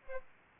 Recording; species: mosquito wingbeat signal from an infrared sensor; Aedes albopictus